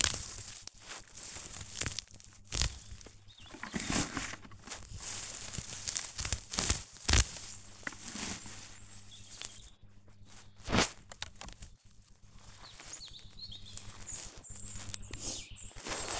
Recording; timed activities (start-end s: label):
household activities, microphone on the right wrist
0.00-16.20 s: removing plants (near water)